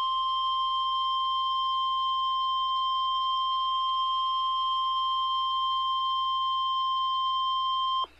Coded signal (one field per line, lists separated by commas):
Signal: Emergency Alert System (SAME) tones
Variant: 1050 Hz attention tone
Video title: EAS Alert #15